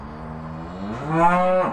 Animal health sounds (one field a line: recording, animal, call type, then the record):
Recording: contact call of a hoofed animal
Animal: cattle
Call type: low-frequency (closed-mouth) or high-frequency (open-mouth) call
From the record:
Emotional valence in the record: negative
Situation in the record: physical separation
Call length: 1.73 s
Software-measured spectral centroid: 1180 Hz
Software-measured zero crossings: 1220 a second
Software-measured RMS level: -22 dBFS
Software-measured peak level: -5 dBFS